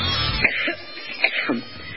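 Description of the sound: A woman has a coughing fit during a speech.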